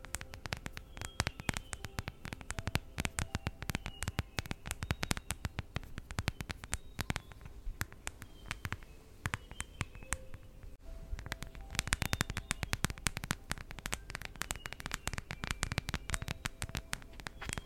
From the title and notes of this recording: This episode is all about tapping on my phone case. Phone case tapping.